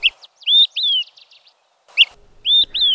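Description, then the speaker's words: Olive-sided Flycatcher territorial call: a short high note followed by two whistled notes, the last slurring down, 'quick, three beers', given twice. Perched atop dead tree snags in coniferous areas, announces its territory; phrase remembered as 'quick, three beers'. "Perched atop dead tree snags and coniferous areas, they announce their territory by calling out, quick, three beers."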